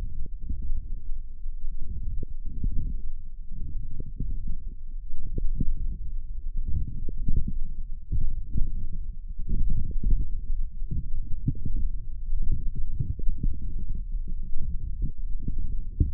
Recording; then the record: forearm muscle sounds (acoustic myography)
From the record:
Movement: forearm pronation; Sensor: system 1, eight BSWA MPA416 microphones around the upper forearm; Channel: 8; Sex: male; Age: 21 years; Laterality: right